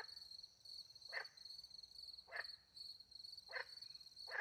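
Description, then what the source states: Frog giving a few short rasping croaks spaced about a second apart, with a constant shrill cricket trill behind. Frogs with crickets in French countryside at night; microphones hidden in a tree near a small pond; recorded with two Usi Pro microphones into a MixPre-10 II.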